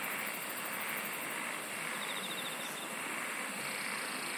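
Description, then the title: Insects singing: one quick pulsed trill around two seconds and a very high ticking trill early on, set in a continuous noisy wash. "SINGING OF INSECTS"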